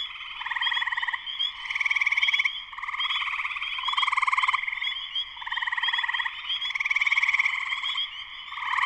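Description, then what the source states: Spring peeper chorus, massed high peeps over layered trilling that surges in repeated loud bursts. Spring peepers in full chorus shortly after sunset, Sleeping Bear Dunes National Lakeshore, northern Michigan, USA.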